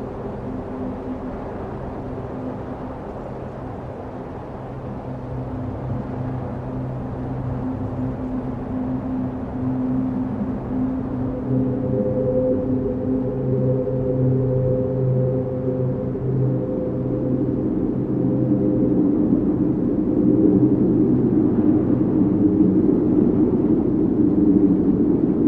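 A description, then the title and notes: A deep, steady wind-like rush fills the low end, with dull rumbling and little high brightness. Sustained low droning tones layer in, growing fuller and slightly louder through the second half, with a brighter hum swelling near the end. Deep Space Winds and Low Frequency White Noise.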